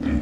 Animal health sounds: pig call; growing-finishing pig (85 days or more)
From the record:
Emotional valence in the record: negative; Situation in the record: barren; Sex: female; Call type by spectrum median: low-frequency call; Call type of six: low-frequency stable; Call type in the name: low-frequency stable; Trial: 1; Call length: 0.23 s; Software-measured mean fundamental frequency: 50 Hz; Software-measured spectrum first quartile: 120 Hz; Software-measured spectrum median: 235 Hz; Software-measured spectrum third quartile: 358 Hz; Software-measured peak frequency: 266 Hz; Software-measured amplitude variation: 185 dB a second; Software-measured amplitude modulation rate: 24.3 a second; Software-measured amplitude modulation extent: 7.6 dB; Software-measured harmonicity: 1.4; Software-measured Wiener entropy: -0.77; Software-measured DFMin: 707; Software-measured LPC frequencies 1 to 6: 282, 1790, 2355, 3260, 4757, 6458 Hz

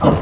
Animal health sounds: pig call; growing-finishing pig (85 days or more)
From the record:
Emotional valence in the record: positive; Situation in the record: run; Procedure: transit

